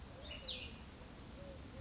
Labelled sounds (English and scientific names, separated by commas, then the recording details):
Cassin's Vireo (Vireo cassinii)
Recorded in Sonoma County, California